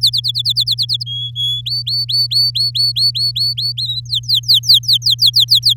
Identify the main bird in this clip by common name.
Domestic Canary